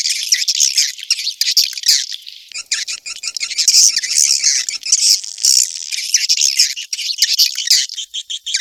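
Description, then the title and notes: Swiftlet twittering calls, a dense stream of high, buzzy chirps that pulse unevenly throughout. Sound used in swiftlet farming in Asia. "Swiflet Bird Sound. Farming Swiflet Bird asia sound"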